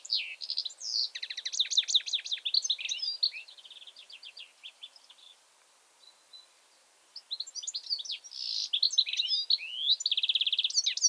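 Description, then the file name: European goldfinch twittering song, quick sweet chirps and trilled runs, a short lull midway, then lively bright phrases resume to the end. "Carduelis carduelis"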